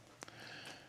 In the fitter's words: And we are going to mount this on the bow. There it clicked in.